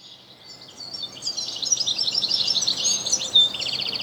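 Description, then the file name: European goldfinch song starting quietly, then a rapid run of high, tinkling chirps and twitters with a brief buzzy trill near the end. "Carduelis carduelis"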